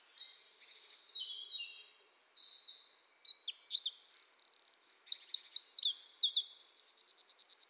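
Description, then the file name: Eurasian wren delivering a continuous, very high and fast song that builds from thin twitters into loud, looping notes and a rapid rattling trill. "Troglodytes troglodytes"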